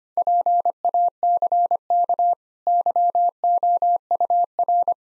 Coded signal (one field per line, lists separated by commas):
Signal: Morse code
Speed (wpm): 25 wpm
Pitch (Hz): 700 Hz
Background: none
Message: PACK YOUR